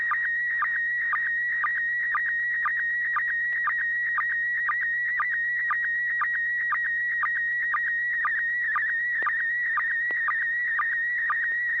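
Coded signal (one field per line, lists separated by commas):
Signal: SSTV (slow-scan television)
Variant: PD120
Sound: warbling high tone near 2 kHz with short lower sync blips about twice a second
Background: low steady hum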